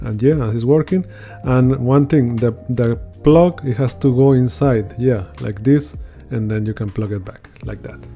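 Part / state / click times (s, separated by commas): interior footwell light housing into car interior trim panel / not seated / none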